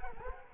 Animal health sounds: mosquito wingbeat signal from an infrared sensor; Culex quinquefasciatus

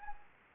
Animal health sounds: mosquito wingbeat signal from an infrared sensor; Anopheles arabiensis

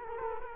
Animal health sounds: mosquito wingbeat signal from an infrared sensor; Culex quinquefasciatus

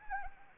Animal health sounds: mosquito wingbeat signal from an infrared sensor; Anopheles arabiensis

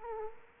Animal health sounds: mosquito wingbeat signal from an infrared sensor; Culex quinquefasciatus

